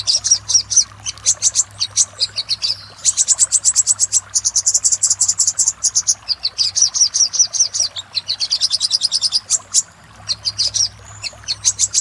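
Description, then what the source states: Little spiderhunter delivering long runs of very fast, high, ticking notes, almost trilled, with a few short breaks; a low hum in the background. Master recording for training cage birds; labelled labaik.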